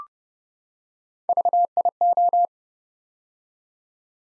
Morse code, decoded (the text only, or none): VIO